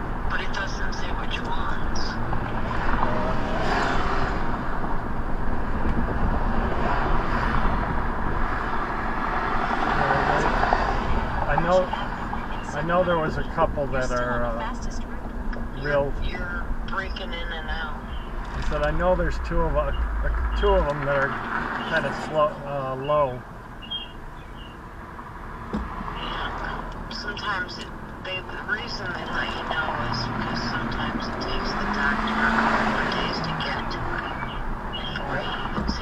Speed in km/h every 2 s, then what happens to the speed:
55, 55, 56, 53, 50, 45, 42, 32, 26, 18, 13, 6, 0, 10, 18, 23, 23, 23.
4-23 slows to 0. 23-25 standing. 25-29 pulls away to 23. 29-36 steady at about 23.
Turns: none.